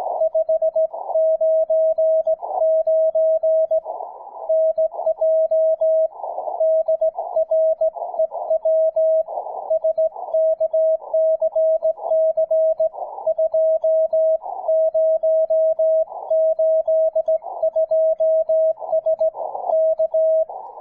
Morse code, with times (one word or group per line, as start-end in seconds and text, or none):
0.2-3.8 599
4.5-6.1 NJ
6.6-9.2 DREW
9.7-12.9 SKCC
13.3-19.3 2082S
19.7-20.4 K